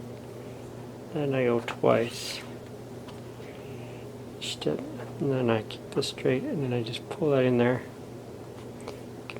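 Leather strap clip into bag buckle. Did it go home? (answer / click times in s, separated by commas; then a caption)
yes / 9.3 s. A leather strap piece is held straight and pulled into a clip or buckle on a hand-stitched leather messenger bag while someone talks. It pops into place and seats with a short sharp click at 9.3 seconds.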